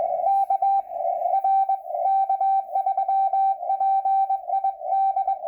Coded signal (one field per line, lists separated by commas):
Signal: Morse code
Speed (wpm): 21 wpm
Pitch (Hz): 780 Hz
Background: radio noise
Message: K R K3PID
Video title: Minnesota Section Net, 10/26/2020 (Morse Code)